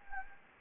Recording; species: mosquito wingbeat signal from an infrared sensor; Anopheles gambiae